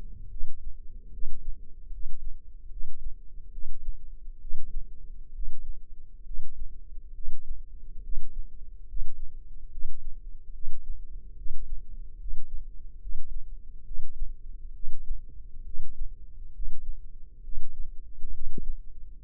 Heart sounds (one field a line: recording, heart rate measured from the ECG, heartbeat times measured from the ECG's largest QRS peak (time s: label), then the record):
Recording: heart sounds by microphone in the left ear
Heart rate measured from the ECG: 70 bpm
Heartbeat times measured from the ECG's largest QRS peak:
0.29 s: heartbeat
1.11 s: heartbeat
1.90 s: heartbeat
2.69 s: heartbeat
3.51 s: heartbeat
4.39 s: heartbeat
5.33 s: heartbeat
6.24 s: heartbeat
7.13 s: heartbeat
8.02 s: heartbeat
8.86 s: heartbeat
9.70 s: heartbeat
10.52 s: heartbeat
11.35 s: heartbeat
12.18 s: heartbeat
12.99 s: heartbeat
13.84 s: heartbeat
14.73 s: heartbeat
15.64 s: heartbeat
16.52 s: heartbeat
17.42 s: heartbeat
18.31 s: heartbeat
19.24 s: heartbeat
From the record:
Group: healthy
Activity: rest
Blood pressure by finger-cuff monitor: 121/74 mmHg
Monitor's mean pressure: 92 mmHg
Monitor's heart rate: 68 bpm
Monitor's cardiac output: 5.6 L/min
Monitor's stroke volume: 80 mL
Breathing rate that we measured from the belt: 17 breaths a minute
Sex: male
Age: 35 years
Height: 178 cm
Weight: 64 kg